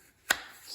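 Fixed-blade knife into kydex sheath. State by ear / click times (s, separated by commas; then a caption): seated / 0.3 s. A forged fixed-blade knife is pushed into its leather-bonded kydex sheath, and the retention snaps with a single sharp click at 0.3 s. The knife seats with no rattle and is held tight. No one talks in the clip.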